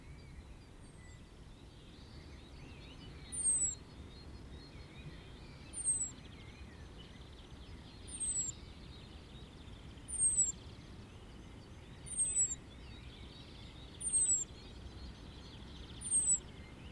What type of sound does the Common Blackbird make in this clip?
alarm call